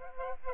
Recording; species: mosquito wingbeat signal from an infrared sensor; Aedes aegypti